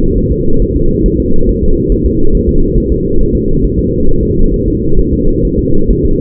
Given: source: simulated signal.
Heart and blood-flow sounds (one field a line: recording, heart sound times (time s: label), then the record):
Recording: fetal heart sounds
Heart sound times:
0.18 s: S1
0.32 s: S2
0.62 s: S1
0.76 s: S2
1.06 s: S1
1.20 s: S2
1.49 s: S1
1.63 s: S2
1.92 s: S1
2.06 s: S2
2.35 s: S1
2.49 s: S2
2.78 s: S1
2.92 s: S2
3.21 s: S1
3.35 s: S2
3.64 s: S1
3.79 s: S2
4.09 s: S1
4.23 s: S2
4.54 s: S1
4.68 s: S2
4.99 s: S1
5.13 s: S2
5.45 s: S1
5.59 s: S2
5.91 s: S1
6.05 s: S2
From the record:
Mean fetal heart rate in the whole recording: 135 bpm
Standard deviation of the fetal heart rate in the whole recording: 3 bpm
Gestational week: 36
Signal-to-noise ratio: -19.1 dB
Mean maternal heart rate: 72 bpm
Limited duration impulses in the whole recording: present